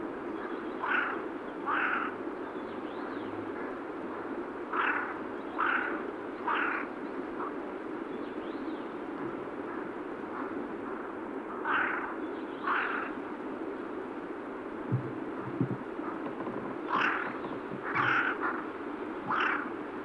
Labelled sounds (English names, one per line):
Carrion Crow call